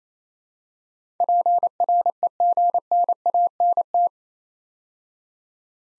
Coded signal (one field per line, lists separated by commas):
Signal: Morse code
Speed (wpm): 27 wpm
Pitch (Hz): 700 Hz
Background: none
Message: PREGNANT